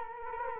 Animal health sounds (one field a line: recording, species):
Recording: mosquito wingbeat signal from an infrared sensor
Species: Culex quinquefasciatus